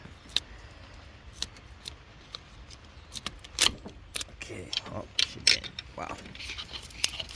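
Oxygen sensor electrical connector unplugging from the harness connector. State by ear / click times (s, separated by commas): released / 5.5 s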